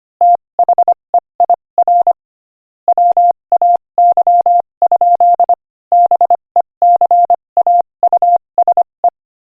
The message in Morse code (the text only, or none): THEIR WAY? BECAUSE